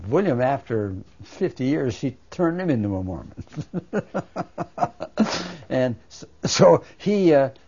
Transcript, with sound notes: William, after fifty years, she turned him into a Mormon. (he laughs) And, so, he uh,